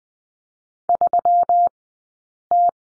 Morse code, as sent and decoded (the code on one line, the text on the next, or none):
...-- -
3T